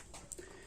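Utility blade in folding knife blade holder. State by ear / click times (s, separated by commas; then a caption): seated / 0.3 s. A utility blade is placed into the blade holder of a Craftsman walnut handle folding utility knife (CMHT10584), and the holder is locked closed with a sharp click at 0.3 s. A softer tick follows at 0.7 s, and the blade is seated and locked in.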